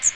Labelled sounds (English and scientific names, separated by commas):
Magnolia Warbler (Setophaga magnolia) flight call